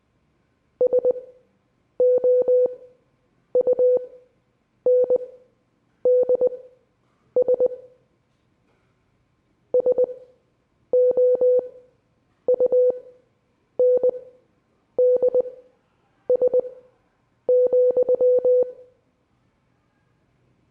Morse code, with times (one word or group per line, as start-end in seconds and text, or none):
0.8-7.7 SOUNDS
9.7-18.6 SOUNDS,